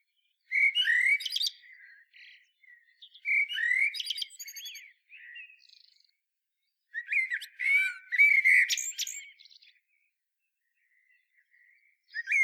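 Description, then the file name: Eurasian blackbird singing short mellow phrases with scratchy high endings, three phrases roughly every three seconds, then a quiet gap. "Turdus merula"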